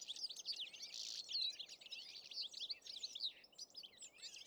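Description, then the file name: European goldfinch twittering, many quick high chirps and tinkling notes overlapping in a busy, unbroken chatter that swells and fades slightly. "Carduelis carduelis"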